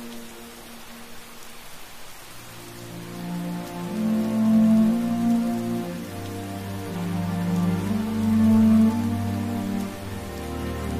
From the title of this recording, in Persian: هاگواترز در شب بارانی